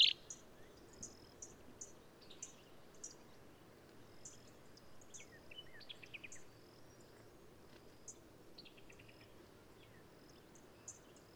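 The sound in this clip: Black-capped vireo song, faint scratchy phrases of quick slurred notes given in short bursts with gaps, alongside high thin chips and a soft background hiss.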